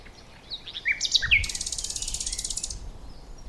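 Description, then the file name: Common nightingale song: a few sharp chirps, then a dense, buzzy high rattle. "Luscinia megarhynchos"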